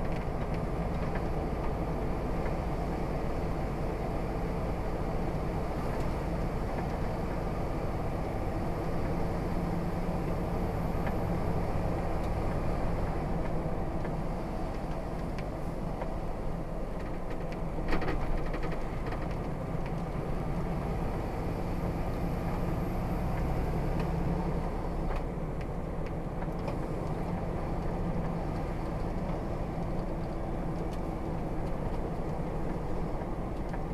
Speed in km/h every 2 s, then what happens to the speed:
44, 45, 45, 47, 48, 48, 40, 37, 35, 35, 40, 44, 47, 48, 47, 45, 44.
0-10 steady at about 45. 10-15 slows to 35. 18-25 speeds up to 48.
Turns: none.